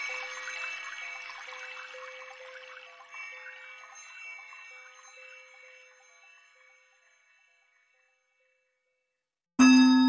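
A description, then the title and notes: A struck Tibetan bowl rings out, its steady low hum and bright shimmering overtones slowly fading over about seven seconds into near silence. Just before the end, a second strike cuts in suddenly, loud and full. Nature Sounds and Tibetan Bowls.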